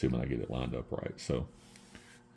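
Someone talks while pressing the plastic roof of a Peco N scale brake van kit down onto the model railway brake van body, lining it up. Two small clicks follow at 1.8 s and 2.0 s as the roof snaps into place and seats on the body.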